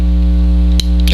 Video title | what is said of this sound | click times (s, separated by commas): Sig Sauer 1911 Extreme complete disassembly/reassembly (part 3) | that's two clicks now we're going to hold on to the hammer | 0.8 s